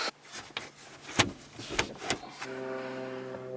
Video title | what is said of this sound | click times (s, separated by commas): Installing my cm components rear seat delete! (2015-2020 mustang) | so just like that it snapped into place | 1.8 s, 2.1 s